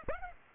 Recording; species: mosquito wingbeat signal from an infrared sensor; Aedes aegypti